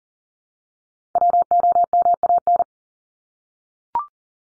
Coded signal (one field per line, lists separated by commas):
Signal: Morse code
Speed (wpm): 40 wpm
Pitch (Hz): 700 Hz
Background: none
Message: WOMAN